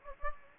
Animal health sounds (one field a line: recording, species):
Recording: mosquito wingbeat signal from an infrared sensor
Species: Anopheles gambiae